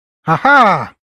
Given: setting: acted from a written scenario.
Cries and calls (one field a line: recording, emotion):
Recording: vocal sound without words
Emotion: triumph